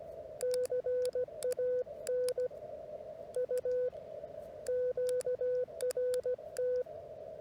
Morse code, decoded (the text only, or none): CAN U QRT